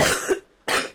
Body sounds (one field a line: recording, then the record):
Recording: coughing mixed with background sound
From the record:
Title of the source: 34 coughing up crap again